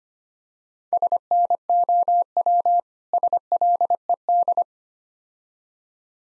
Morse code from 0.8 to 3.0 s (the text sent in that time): SNOW